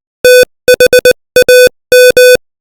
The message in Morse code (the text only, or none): THAM